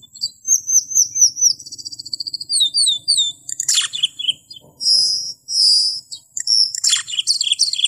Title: Suara Burung Cucak keling